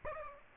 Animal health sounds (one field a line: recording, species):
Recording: mosquito wingbeat signal from an infrared sensor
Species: Aedes aegypti